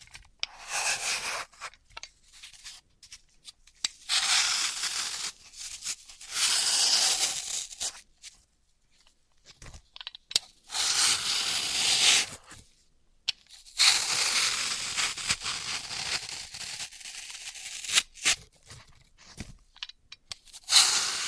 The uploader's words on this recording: Dry vs Wet Floral Foam Tapping, Cutting and Crushing. (No Talking).